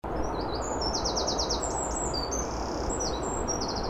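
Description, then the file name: Eurasian wren song: thin, very high trilled phrases and quick repeated notes, set against loud, steady rushing background noise. "Troglodytes troglodytes"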